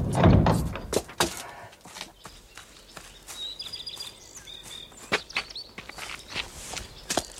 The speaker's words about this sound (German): Er hält. Nichts wie raus. Ich schieb die Tür auf. Lauf bis darüber zu den Tannen.